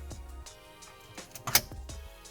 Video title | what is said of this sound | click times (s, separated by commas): INSTALL: ATOTO A6 Pro Android Head Unit [SOUND TEST] [DEMO] | once it locks in and then what you're gonna want to do is you're gonna push out on both sides and | 1.5 s